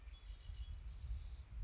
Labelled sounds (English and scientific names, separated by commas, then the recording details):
Red-winged Blackbird (Agelaius phoeniceus)
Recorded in Sonoma County, California